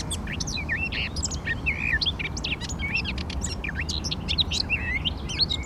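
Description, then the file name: Eurasian blackcap song: lively warbled phrases mixing scratchy notes with clear up-and-down whistled slurs, over a steady low rumble. "Sylvia atricapilla"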